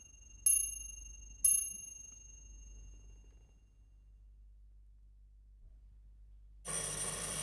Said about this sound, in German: Ich dachte, es hätte zweimal geklingelt.